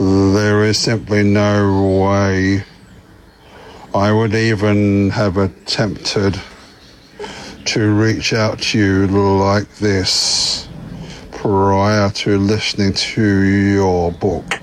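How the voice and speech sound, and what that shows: An adult man who stutters speaks in a low voice with prolonged sounds and long silent pauses breaking up his phrases. He has lifelong communication difficulty from the stutter and recently attended a McGuire Programme speech course in Melbourne.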